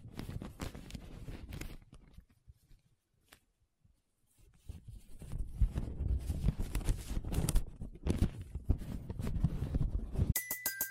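Paper rubbing and scratching in dense, uneven bursts, pausing from about two to five seconds, then resuming busily until a brief tonal blip ends it.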